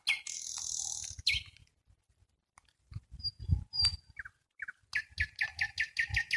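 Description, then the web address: Nightingale song with a loud harsh rasping burst, a pause, thin high whistles and a quick repeated chatter. "spiew slowika slowik wiejski"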